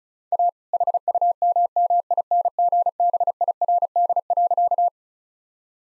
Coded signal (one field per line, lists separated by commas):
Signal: Morse code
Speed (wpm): 36 wpm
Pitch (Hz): 700 Hz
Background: none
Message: A HUMMINGBIRD.